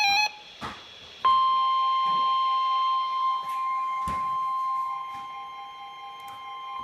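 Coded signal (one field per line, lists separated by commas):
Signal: Emergency Alert System (SAME) tones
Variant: 1050 Hz attention tone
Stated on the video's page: Severe thunderstorm warning SAME tones from a NOAA weather radio station, heard on a Midland WR-120EZ weather radio upstairs.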